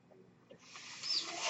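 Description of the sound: A quiet pause, then a steady rising airy hiss of a home mechanical ventilator delivering a breath.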